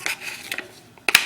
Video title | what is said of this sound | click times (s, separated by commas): becker bk-11 review and mod part 1 | you can hear it lock in and | 1.1 s